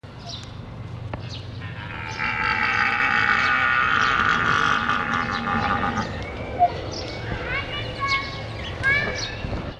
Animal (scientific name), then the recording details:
Elaphurus davidianus. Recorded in captivity. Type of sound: call. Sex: male. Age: adult. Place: Tierpark Berlin, Berlin, DE. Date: 1966-07-02 15:00. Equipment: Uher 4000 Report-S, Transistorverstärker II, Sennheiser MD 421. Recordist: Tembrock, Günter. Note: Langruf. Abstand: 15 m. Aufnahmezeit: 15.00-18.00 Uhr